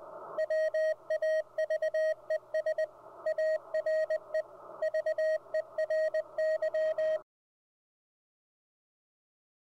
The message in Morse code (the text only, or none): WAVES ARE VERY